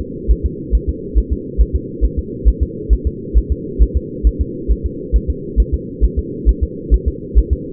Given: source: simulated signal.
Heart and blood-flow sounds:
fetal heart sounds
0.01 s: S2
0.31 s: S1
0.46 s: S2
0.75 s: S1
0.89 s: S2
1.18 s: S1
1.32 s: S2
1.61 s: S1
1.76 s: S2
2.05 s: S1
2.19 s: S2
2.48 s: S1
2.63 s: S2
2.93 s: S1
3.07 s: S2
3.38 s: S1
3.52 s: S2
3.82 s: S1
3.97 s: S2
4.27 s: S1
4.41 s: S2
4.72 s: S1
4.86 s: S2
5.16 s: S1
5.30 s: S2
5.60 s: S1
5.74 s: S2
6.04 s: S1
6.19 s: S2
6.49 s: S1
6.63 s: S2
6.94 s: S1
7.08 s: S2
7.38 s: S1
7.53 s: S2
From the record:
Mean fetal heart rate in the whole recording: 135 bpm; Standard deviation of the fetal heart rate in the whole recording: 3 bpm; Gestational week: 34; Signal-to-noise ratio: -4.1 dB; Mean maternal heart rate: no maternal heart sound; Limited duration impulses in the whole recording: absent

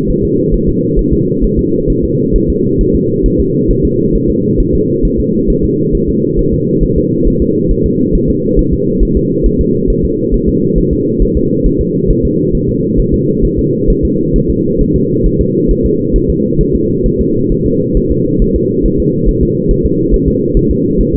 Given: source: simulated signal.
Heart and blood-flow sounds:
fetal heart sounds
0.10 s: S1
0.25 s: S2
0.54 s: S1
0.69 s: S2
0.99 s: S1
1.13 s: S2
1.44 s: S1
1.59 s: S2
1.90 s: S1
2.04 s: S2
2.36 s: S1
2.50 s: S2
2.81 s: S1
2.95 s: S2
3.26 s: S1
3.40 s: S2
3.71 s: S1
3.85 s: S2
4.15 s: S1
4.30 s: S2
4.60 s: S1
4.75 s: S2
5.05 s: S1
5.20 s: S2
5.50 s: S1
5.65 s: S2
5.95 s: S1
6.09 s: S2
6.39 s: S1
6.54 s: S2
6.83 s: S1
6.98 s: S2
7.28 s: S1
7.42 s: S2
7.72 s: S1
7.86 s: S2
8.15 s: S1
8.30 s: S2
8.59 s: S1
8.73 s: S2
9.03 s: S1
9.17 s: S2
9.46 s: S1
9.61 s: S2
9.90 s: S1
10.05 s: S2
10.34 s: S1
10.49 s: S2
10.78 s: S1
10.93 s: S2
11.22 s: S1
11.37 s: S2
11.66 s: S1
11.81 s: S2
12.11 s: S1
12.25 s: S2
12.55 s: S1
12.69 s: S2
13.00 s: S1
13.14 s: S2
13.45 s: S1
13.59 s: S2
13.90 s: S1
14.05 s: S2
14.36 s: S1
14.50 s: S2
14.81 s: S1
14.96 s: S2
15.26 s: S1
15.41 s: S2
15.71 s: S1
15.86 s: S2
16.16 s: S1
16.30 s: S2
16.61 s: S1
16.75 s: S2
17.06 s: S1
17.21 s: S2
17.52 s: S1
17.66 s: S2
17.97 s: S1
18.12 s: S2
18.42 s: S1
18.56 s: S2
18.86 s: S1
19.00 s: S2
19.29 s: S1
19.43 s: S2
19.71 s: S1
19.86 s: S2
20.14 s: S1
20.28 s: S2
20.57 s: S1
20.71 s: S2
21.01 s: S1
21.15 s: S2
From the record:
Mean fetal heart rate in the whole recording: 135 bpm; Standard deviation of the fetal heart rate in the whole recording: 3 bpm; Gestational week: 36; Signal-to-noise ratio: -11.2 dB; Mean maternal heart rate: 72 bpm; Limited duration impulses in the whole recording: present

